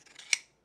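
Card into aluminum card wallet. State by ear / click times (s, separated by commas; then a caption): seated / 0.3 s. A card is pushed into a Decadent Minimalist DM1 aluminum card wallet, which holds up to eight cards. A soft sliding scrape leads into a sharp, bright metallic tink at 0.3 s that rings briefly and fades. The card snaps in and is seated.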